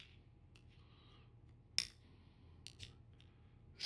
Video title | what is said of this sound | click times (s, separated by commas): Race Tech Emulator install - 1991 BMW R100 | Snapped into place. | 1.8 s